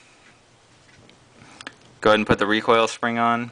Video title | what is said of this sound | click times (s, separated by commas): How To Field Strip & Clean A GLOCK Pistol | you just kind of slide the barrel in locks in place | 1.7 s